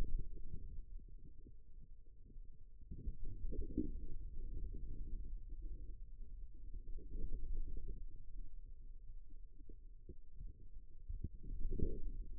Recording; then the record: forearm muscle sounds (acoustic myography)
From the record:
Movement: radial deviation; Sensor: system 2, bracelet of six BSWA MPA416 microphones around the upper forearm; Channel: 4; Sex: male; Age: 22 years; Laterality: right